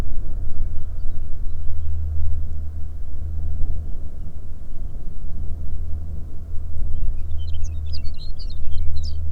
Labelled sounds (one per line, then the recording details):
songbird
wind
aircraft
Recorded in the Arctic National Wildlife Refuge, Alaska, on 21 May 2019 at 12:55
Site 38